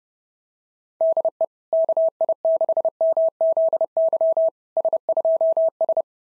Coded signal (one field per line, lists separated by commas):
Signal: Morse code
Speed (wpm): 27 wpm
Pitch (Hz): 660 Hz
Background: none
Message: DE KI6MZY S2S